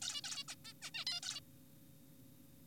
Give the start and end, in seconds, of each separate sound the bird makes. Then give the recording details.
0.02-0.21, 0.24-0.44, 0.48-0.55, 0.65-0.73, 0.82-0.91, 0.94-1.05, 1.07-1.20, 1.23-1.40. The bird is an adult. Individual g4p5U